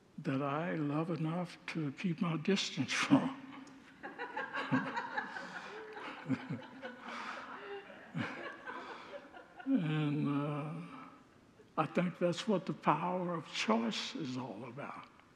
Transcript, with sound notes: that I love enough to keep my distance from. [Congregants laugh] And I think that’s what the power of choice is all about.